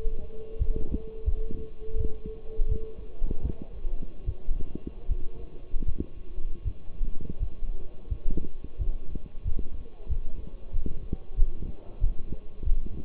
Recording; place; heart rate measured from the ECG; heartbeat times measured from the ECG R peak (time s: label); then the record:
heart sounds by stethoscope; between the tricuspid and mitral areas; 85 bpm
0.58 s: heartbeat
1.25 s: heartbeat
1.96 s: heartbeat
2.68 s: heartbeat
3.42 s: heartbeat
4.25 s: heartbeat
5.08 s: heartbeat
5.85 s: heartbeat
6.63 s: heartbeat
7.39 s: heartbeat
8.09 s: heartbeat
8.78 s: heartbeat
9.43 s: heartbeat
10.08 s: heartbeat
10.72 s: heartbeat
11.36 s: heartbeat
12.00 s: heartbeat
12.64 s: heartbeat
From the record:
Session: walking at 3.7 km/h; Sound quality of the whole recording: partially saturated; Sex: male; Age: 24 years